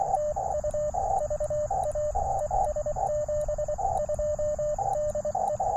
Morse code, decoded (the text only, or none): TU VA ES 72 DE